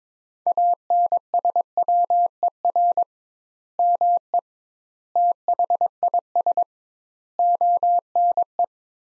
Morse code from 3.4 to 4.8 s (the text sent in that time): ME